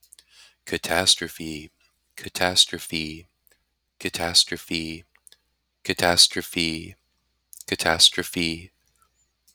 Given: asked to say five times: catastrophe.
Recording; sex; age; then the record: repeated word; male; 30 to 39 years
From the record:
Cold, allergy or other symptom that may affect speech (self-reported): no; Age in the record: 38 years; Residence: South Dakota, United States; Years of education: 16